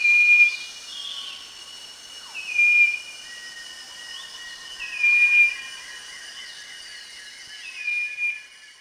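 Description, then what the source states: Striped wren-babbler calling with short, flat whistles, four notes spaced two to three seconds apart. Recorded at Danum on 1 March 2008.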